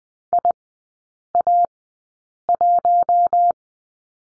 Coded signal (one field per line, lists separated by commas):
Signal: Morse code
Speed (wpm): 20 wpm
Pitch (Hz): 700 Hz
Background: none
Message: IA1